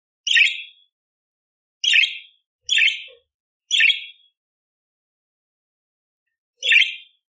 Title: Masteran Burung Parkit Gacor Jernih Isian Tembakan Kasar Cocok Buat Kacer